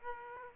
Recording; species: mosquito wingbeat signal from an infrared sensor; Aedes aegypti